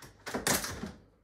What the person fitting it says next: and then the whole thing locks into place